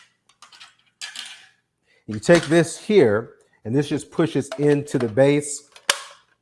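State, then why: Seated. Someone talks while pushing a plastic blade insert of a vegetable spiralizer into its plastic base, with a few faint handling knocks in the first second. The insert locks into the base with a single sharp click at 5.9 s, seating it so it won't move.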